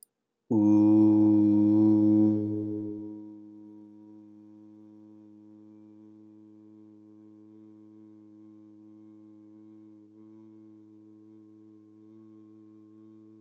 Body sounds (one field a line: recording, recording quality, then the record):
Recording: sustained vowel as in boot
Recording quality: excellent, no background noise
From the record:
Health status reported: healthy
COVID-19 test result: not tested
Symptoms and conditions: none ticked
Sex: male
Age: 31 years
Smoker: not ticked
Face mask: not worn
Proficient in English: yes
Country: United States